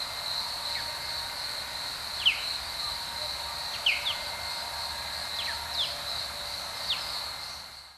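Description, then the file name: Osprey uttering a loose series of brief, falling whistled notes, some paired, against a continuous high-pitched drone. Recorded in Hyogo, Japan. "misago 0609 hyogo"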